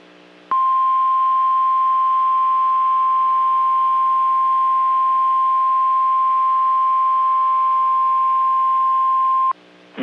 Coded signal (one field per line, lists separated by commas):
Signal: Emergency Alert System (SAME) tones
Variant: 1050 Hz attention tone